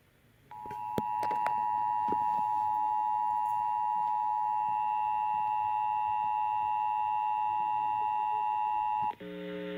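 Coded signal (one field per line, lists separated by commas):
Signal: Emergency Alert System (SAME) tones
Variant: 853 and 960 Hz attention tone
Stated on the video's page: Tornado warning recorded off FM broadcast station.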